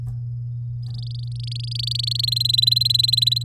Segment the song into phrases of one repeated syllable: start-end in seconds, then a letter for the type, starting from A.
0.83-2.25 A, 2.27-3.43 B